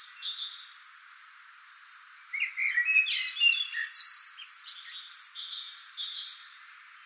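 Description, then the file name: Common blackbird song: a warbled phrase that breaks into a high squeaky twitter. "Turdus merula"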